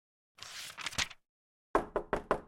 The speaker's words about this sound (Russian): «Господин?» – в кабинет осторожно постучался секретарь.